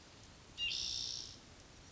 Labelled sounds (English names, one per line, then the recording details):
Spotted Towhee
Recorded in Sonoma County, California